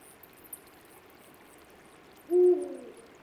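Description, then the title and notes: Eurasian eagle-owl giving a single deep, brief hoot near the end. Male at 4:45 am, 12 March 2020, Dentelles de Montmirail cliffs, back from hunting, announcing presence to female; sings six minutes then silent until day. Distant ambience. Nagra Seven, MKH20. "Dentelles de Montmirail. l&#39;appel d&#39;un Grand-duc d&#39;Europe ( Bubo bubo)"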